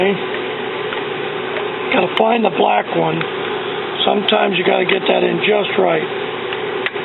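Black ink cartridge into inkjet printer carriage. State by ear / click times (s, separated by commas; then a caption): seated / 6.9 s. A black ink cartridge from a continuous ink supply kit is pushed into the cartridge carriage of an HP Officejet 7000 inkjet printer while someone talks over a steady hum. Some faint knocks are heard, then a sharp click at 6.9 s as the cartridge snaps home and seats.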